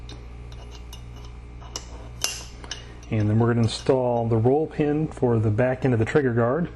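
A metal trigger guard's spring detent is pushed in so the guard snaps into the ears of an AR-15 stripped lower receiver, with a few light metallic ticks before a sharp snap at 2.2 s. The trigger guard is seated, and someone then talks.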